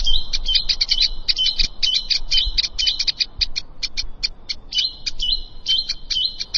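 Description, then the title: Plain prinia song, a steady chatter of high buzzy notes in phrases. "Ciblek Sawah"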